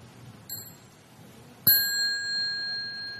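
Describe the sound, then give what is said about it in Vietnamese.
A meditation bell is tapped softly once, then struck firmly, its bright, high-pitched tone ringing out and sustaining steadily without fading, over a quiet background with no talking. “Tiếng chuông đó là để chúng ta xoa bóp hai chân, vừa xoa bóp vừa thở và mỉm cười, xoa bóp cho nó hết lưu thông.”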